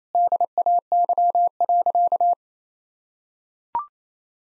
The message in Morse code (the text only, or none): DAY.